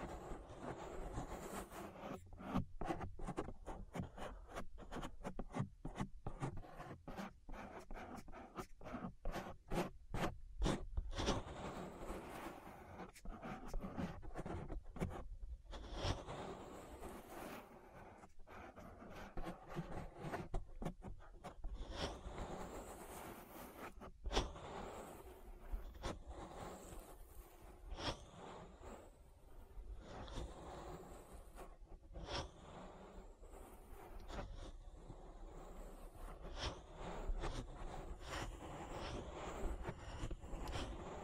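An ASMR ear massage: dense, continuous rubbing and scratchy swishing against the microphone. For the first ten seconds or so the strokes come fast and rhythmic, then they loosen into slower, broader brushing with occasional sharper scrapes, staying steady in loudness throughout.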